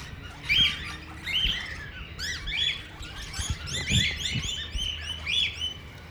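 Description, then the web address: Parrots calling, quick up-and-down chirps repeated in lively sequences, with a few soft thumps underneath. Parrots at Nyíregyháza Zoo, recorded in 2010, on top of the green pyramid. "allathangok nyiregyhazizoo 2010 standardt madarak papagajokazoldpiramistetejen"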